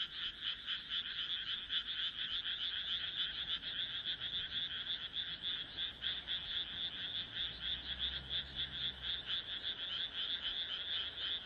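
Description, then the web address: Frog chorus, rapid pulsed croaks forming a continuous rattle. "kaeru kaeru"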